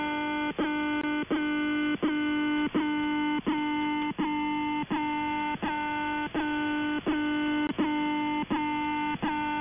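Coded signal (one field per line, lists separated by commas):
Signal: channel marker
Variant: The Alarm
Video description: "The Alarm" is a Russian military station that broadcasts on 4770 kHz USB.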